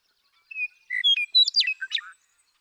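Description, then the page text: Western meadowlark song: a clear whistle leads into a rapid series of loud liquid, gurgling notes, over quiet background. One male, called Bird 1, in Sierra Valley, eastern California, 2018. "Birdsong for the Curious Naturalist. The joy of western meadowlark songs. Sierra Valley in eastern California"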